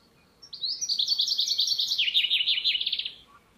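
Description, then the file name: Common chaffinch song: a rapid series of trilled notes dropping in pitch to a final flourish, lasting under three seconds over faint background noise. "Fringilla coelebs"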